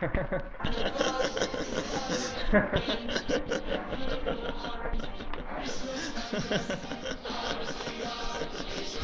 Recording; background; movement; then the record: laughter; music; walking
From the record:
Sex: male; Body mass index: 22.0 kg/m2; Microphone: on the chest, facing the body